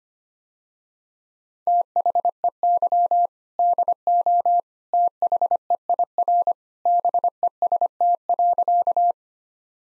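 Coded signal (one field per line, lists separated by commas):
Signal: Morse code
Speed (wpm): 25 wpm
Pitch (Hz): 700 Hz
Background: none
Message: THEY DO THEIR BEST.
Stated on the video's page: 25 wpm Morse head-copy drill of sentences built on common two-word phrases; each is sent, spoken, then sent again.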